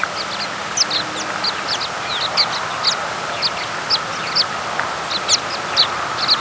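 American pipit calls: many short, sharp, high chips scattered irregularly over a steady mid-pitched hum.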